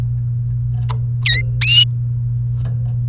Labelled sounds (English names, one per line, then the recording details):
Domestic Canary song
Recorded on 28 April 2018 at 11:28
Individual llb3